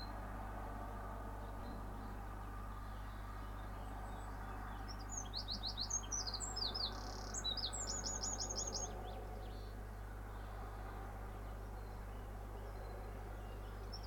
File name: Bird sings in the morning with cars in the background